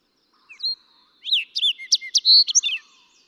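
Fox sparrow song: a brief whistle, then a rich, rapid phrase of sweet slurred and downward whistles with one sustained note near the end.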